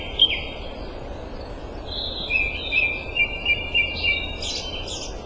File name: grey thrush